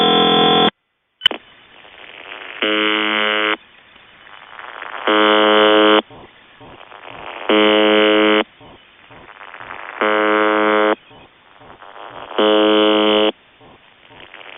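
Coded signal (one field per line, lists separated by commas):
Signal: channel marker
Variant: UVB-76 (The Buzzer)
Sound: harsh one-second buzzes repeating about every 2.5 seconds, about six in all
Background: radio static, faint voices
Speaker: Okay, well, there's just a couple examples of how the Russian UVB-76 operators have chosen to try and get people who are occupying the frequency that they also occupy from taking advantage of it at the same time.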